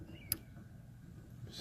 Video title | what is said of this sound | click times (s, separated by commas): HOW TO REPLACE interior LIGHTS 2007 ACURA TL ENDLESS RPM LIGHT UPGRADE! | just snap it in there you'll hear it snap | 0.3 s